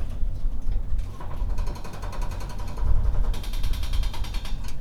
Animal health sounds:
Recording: poultry house recording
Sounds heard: no chicken sound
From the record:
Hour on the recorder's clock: 22

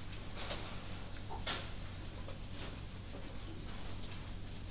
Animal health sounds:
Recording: poultry house recording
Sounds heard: healthy chickens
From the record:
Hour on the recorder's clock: 23

